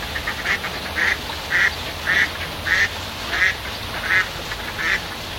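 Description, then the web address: Bird repeating short, nasal quack-like calls, roughly one every two-thirds of a second, over a constant hissing background. "animali uccelli"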